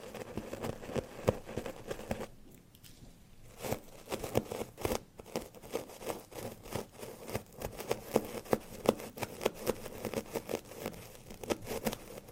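Scratching on assorted surfaces makes dense, irregular rasping with sharp bright clicks throughout, a strong mid-low tone, and a brief quieter pause near three seconds.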